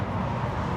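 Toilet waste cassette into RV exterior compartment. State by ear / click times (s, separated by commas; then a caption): not seated / none. A removable toilet waste cassette is being handled and slid back toward its exterior compartment on a 2025 Winnebago EKKO 23B RV. Only a steady, broadband low rumble is heard, with no distinct impacts. Nothing has seated or latched yet.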